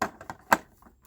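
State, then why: Seated. A small plastic building-brick accessory, a bench or bed piece, is pressed onto two white studded elements on top of a toy horse stable build. A few faint taps lead in, then a sharp, short plastic click at 0.5 s. The piece clicks into place and is seated.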